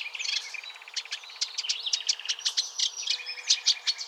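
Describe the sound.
Warbler song, a rapid chattering trill that breaks into sharp, high notes repeated in quick succession.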